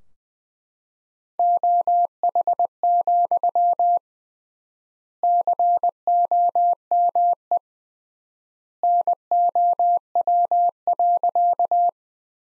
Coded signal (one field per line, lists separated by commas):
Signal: Morse code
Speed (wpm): 20 wpm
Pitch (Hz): 700 Hz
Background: none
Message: OH, COME NOW.